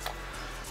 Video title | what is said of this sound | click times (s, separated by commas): DYE LT-R Paintball Loader - 4K | of the loader and then push down on it till you feel it click there you go | 0.1 s